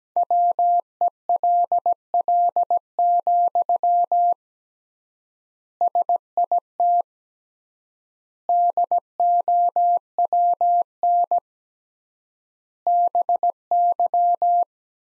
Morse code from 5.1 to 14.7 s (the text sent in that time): SIT DOWN BY